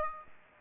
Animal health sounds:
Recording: mosquito wingbeat signal from an infrared sensor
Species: Aedes aegypti

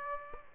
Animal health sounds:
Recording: mosquito wingbeat signal from an infrared sensor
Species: Aedes aegypti

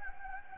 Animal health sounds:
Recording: mosquito wingbeat signal from an infrared sensor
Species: Anopheles gambiae

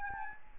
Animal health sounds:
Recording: mosquito wingbeat signal from an infrared sensor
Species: Aedes albopictus

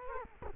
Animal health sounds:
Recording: mosquito wingbeat signal from an infrared sensor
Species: Culex quinquefasciatus

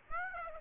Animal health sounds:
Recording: mosquito wingbeat signal from an infrared sensor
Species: Aedes aegypti

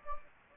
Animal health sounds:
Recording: mosquito wingbeat signal from an infrared sensor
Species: Anopheles gambiae

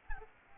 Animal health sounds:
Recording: mosquito wingbeat signal from an infrared sensor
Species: Aedes albopictus

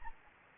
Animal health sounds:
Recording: mosquito wingbeat signal from an infrared sensor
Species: Anopheles gambiae

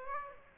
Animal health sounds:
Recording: mosquito wingbeat signal from an infrared sensor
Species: Aedes aegypti

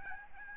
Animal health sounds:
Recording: mosquito wingbeat signal from an infrared sensor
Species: Aedes albopictus

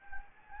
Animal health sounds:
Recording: mosquito wingbeat signal from an infrared sensor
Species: Anopheles gambiae

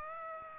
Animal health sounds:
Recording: mosquito wingbeat signal from an infrared sensor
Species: Aedes aegypti

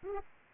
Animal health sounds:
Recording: mosquito wingbeat signal from an infrared sensor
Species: Aedes aegypti

